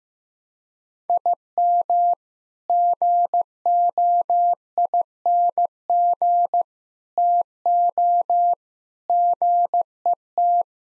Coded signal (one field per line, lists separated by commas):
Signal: Morse code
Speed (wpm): 15 wpm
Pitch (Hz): 700 Hz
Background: none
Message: IM GOING TO GET